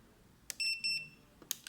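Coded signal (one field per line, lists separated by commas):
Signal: beep code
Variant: RC transmitter power-on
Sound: click, then two quick high beeps joined together, then handling clicks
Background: handling clicks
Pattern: 2 short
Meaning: Two beeps instead of three mark entry into joystick calibration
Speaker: it turn on the remote control now we can hear just the two beeps rather than three beeps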